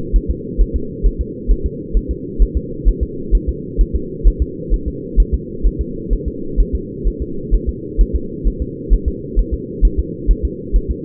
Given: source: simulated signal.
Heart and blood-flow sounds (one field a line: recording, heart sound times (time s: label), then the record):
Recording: fetal heart sounds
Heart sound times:
0.16 s: S1
0.30 s: S2
0.61 s: S1
0.76 s: S2
1.06 s: S1
1.21 s: S2
1.51 s: S1
1.66 s: S2
1.97 s: S1
2.11 s: S2
2.42 s: S1
2.57 s: S2
2.88 s: S1
3.03 s: S2
3.35 s: S1
3.49 s: S2
3.81 s: S1
3.96 s: S2
4.27 s: S1
4.42 s: S2
4.74 s: S1
4.88 s: S2
5.20 s: S1
5.34 s: S2
5.66 s: S1
5.81 s: S2
6.13 s: S1
6.28 s: S2
6.60 s: S1
6.75 s: S2
7.08 s: S1
7.22 s: S2
7.55 s: S1
7.69 s: S2
8.01 s: S1
8.16 s: S2
8.47 s: S1
8.62 s: S2
8.93 s: S1
9.08 s: S2
9.39 s: S1
9.54 s: S2
9.85 s: S1
9.99 s: S2
10.31 s: S1
10.45 s: S2
10.76 s: S1
10.91 s: S2
From the record:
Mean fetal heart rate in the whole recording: 130 bpm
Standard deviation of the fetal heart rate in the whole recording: 2 bpm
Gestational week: 36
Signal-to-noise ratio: -4.3 dB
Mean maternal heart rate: 72 bpm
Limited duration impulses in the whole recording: absent